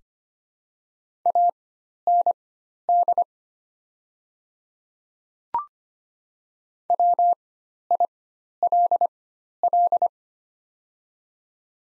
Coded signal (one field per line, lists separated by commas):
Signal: Morse code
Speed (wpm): 25 wpm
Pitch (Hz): 700 Hz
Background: none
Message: AND WILL